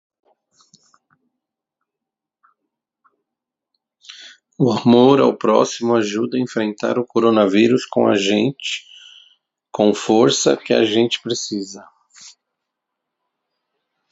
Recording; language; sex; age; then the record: spoken sentence; Brazilian Portuguese; male; 40 to 49 years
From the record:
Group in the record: control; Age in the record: 47 years